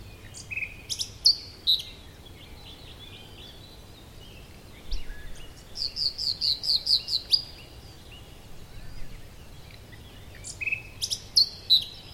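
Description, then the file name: Common nightingale singing: varied whistled notes and clicks, a mid-phrase burst of quick repeated high pulses, then further short sharp phrases, with low rumbling noise beneath. "Luscinia megarhynchos"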